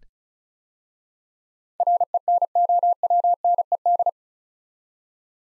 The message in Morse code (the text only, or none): RENOWNED